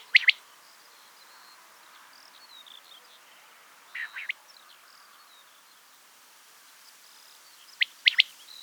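Quail producing three short, high, clipped phrases spread several seconds apart, with faint chirps and twitters from other birds in between.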